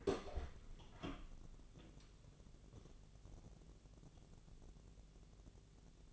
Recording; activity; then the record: daily activity, microphone in the room; open door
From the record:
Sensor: 4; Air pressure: 1001.3 hPa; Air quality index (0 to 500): 182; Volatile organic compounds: 2 ppm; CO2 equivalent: 1302 ppm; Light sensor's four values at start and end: 16/38/15/16 and 15/35/14/15